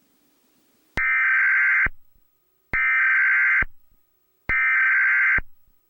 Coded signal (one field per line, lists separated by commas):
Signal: Emergency Alert System (SAME) tones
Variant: header bursts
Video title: Severe weather coverage EAS Scenario Of April 2-3 2025